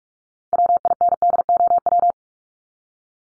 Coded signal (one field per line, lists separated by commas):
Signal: Morse code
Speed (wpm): 44 wpm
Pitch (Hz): 700 Hz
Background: none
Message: WINDOW